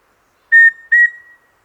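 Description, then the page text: Rufous-breasted antthrush giving its song, two flat whistled notes beginning about 0.4 seconds apart, the latter note marginally higher and trailing off. "Andrew Spencer - Рыжегрудая питтоподобная муравьеловка (Formicarius rufipectus)"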